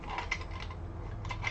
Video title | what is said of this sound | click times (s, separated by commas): Restoring Shine To a Game Console Panel | The cable goes in. Just it doesn't it doesn't have that tight fit like it used to. | 0.3 s